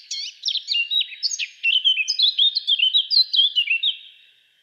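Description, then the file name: Eurasian blackcap song: a quick, varied warble of high chirpy notes sliding into clearer fluty phrases, steadily pulsed for about four seconds, then fading. "Sylvia atricapilla"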